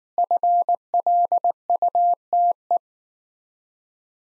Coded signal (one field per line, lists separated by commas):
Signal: Morse code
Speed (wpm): 19 wpm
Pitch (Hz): 700 Hz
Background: none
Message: FLUTE